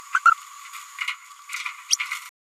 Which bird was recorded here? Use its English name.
Green-rumped Parrotlet